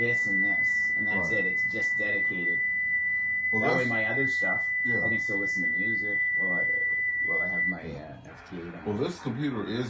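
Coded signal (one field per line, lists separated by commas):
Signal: FT8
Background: speech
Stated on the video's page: FT8 and FT4 signals on a Yaesu FT-991 during a first digital-mode session.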